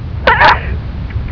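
A short sneeze from an adult.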